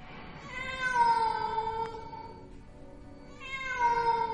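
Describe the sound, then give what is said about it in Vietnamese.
Two long, drawn-out cat meows at night, each a wavering, mournful wail with a falling pitch, separated by a short pause over a low, steady background hum. “Bỗng nhiên một tiếng mèo kêu não nùng vang lên trong đêm vắng.”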